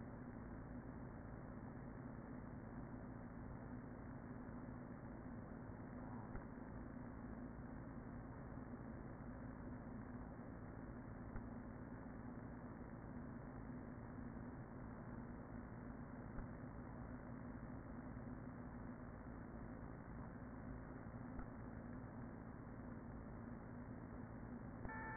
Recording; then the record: honeybee colony, microphone inside the hive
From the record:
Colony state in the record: queen present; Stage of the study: after two queens were removed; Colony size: about 40,000 bees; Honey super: no